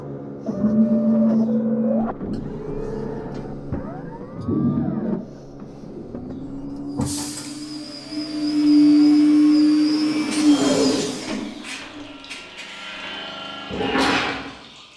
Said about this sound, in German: Kaum war das letzte Wasser im Gitterboden verschwunden, machten sich die Robotarme daran, den Anzug zu öffnen.